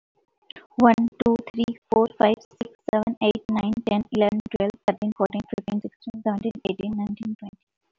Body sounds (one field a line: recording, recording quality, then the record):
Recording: counting at a fast pace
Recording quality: excellent, no background noise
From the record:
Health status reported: healthy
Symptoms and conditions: none ticked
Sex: female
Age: 31 years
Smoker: not ticked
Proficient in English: yes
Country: India